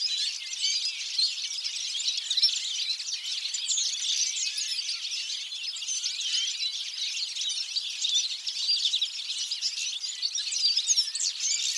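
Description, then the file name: European goldfinch calls in a constant busy chatter, many high tinkling twitters layered together steadily from start to end. "Carduelis carduelis"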